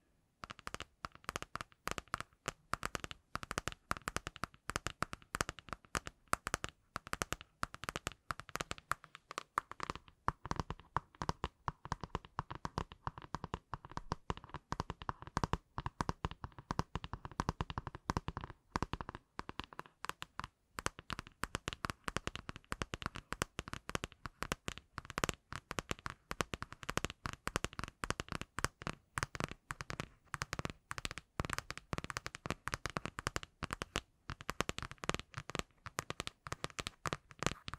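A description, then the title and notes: Rapid tapping runs without pause for the whole stretch, a dense stream of sharp little clicks and knocks. The rhythm is fast and uneven, with brief gaps and bursts, and a faint ringing tone sits underneath some of the taps. Nothing else is heard. ASMR Addictive Tapping for Study, Work, Sleep (No Talking).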